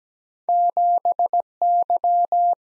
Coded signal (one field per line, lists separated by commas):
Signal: Morse code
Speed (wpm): 17 wpm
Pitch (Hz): 700 Hz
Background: none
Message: 7Y